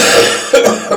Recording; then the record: coughing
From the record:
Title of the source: Cough Around the Clock!